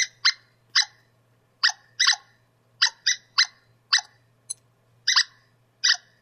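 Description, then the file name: Squirrel chatter: sharp, harsh chipping notes in irregular single and paired bursts, with a faint steady low hum underneath. "suara-bajing omkicau"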